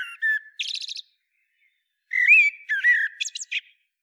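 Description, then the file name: Common blackbird singing two short phrases, a low fluty note and a rapid buzzy trill, then a rich warble that ends in high, squeaky flourishes. "Turdus merula"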